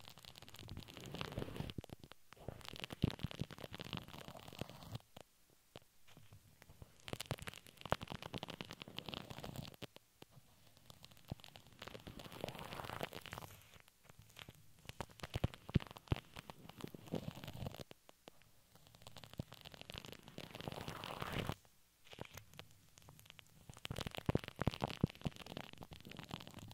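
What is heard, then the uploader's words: Crinkling plastic and paper mixed with soft brushing, made of dense, irregular crackles and rustles. The handling comes in bursts of a few seconds, separated by brief near-silent gaps around 2, 5, 10, 18 and 22 seconds, with occasional sharper taps standing out. Crinkles, Plastic, Brush, Silicone, Glass, Paper.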